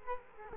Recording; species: mosquito wingbeat signal from an infrared sensor; Culex quinquefasciatus